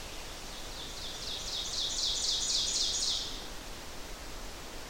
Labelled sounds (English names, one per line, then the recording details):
Ovenbird song
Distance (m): 30 m
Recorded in boreal forest in Alberta, Canada, on 12 June 2016 at 07:08
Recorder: SongMeter 3, array SBT-3-18
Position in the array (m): 240 m, 85 m
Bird 31